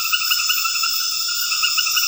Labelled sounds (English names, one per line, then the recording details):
none
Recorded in dense forest near Puerto Asís, Putumayo, Colombia, on 18 February 2024 at 22:30
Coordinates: 0.496, -76.326
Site G6383